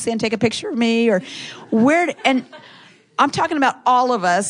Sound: laughter

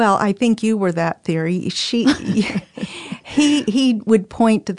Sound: laughter

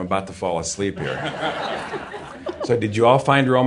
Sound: laughter

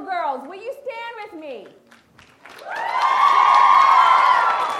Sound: applause

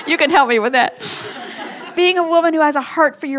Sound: laugher

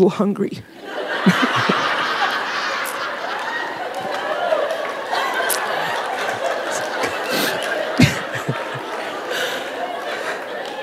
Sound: laughter

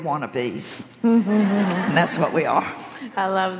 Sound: laughter

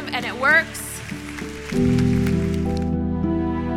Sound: applause

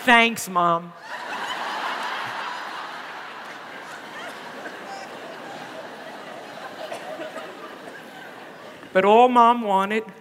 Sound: laughter

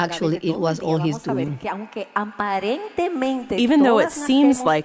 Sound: speaking at conference

